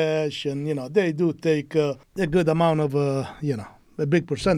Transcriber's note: none